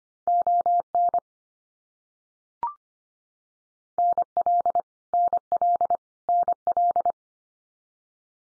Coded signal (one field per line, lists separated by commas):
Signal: Morse code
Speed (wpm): 25 wpm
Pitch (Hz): 700 Hz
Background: none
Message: ON NL NL NL